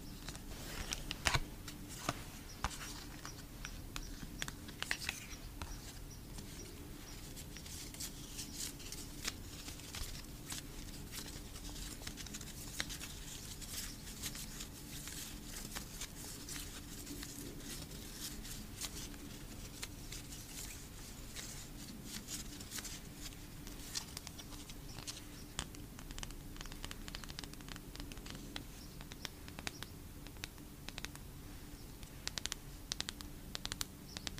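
Photocards are tapped in dense, rapid clicks throughout, bright and crisp, over a steady low hum, with a few louder taps near the end.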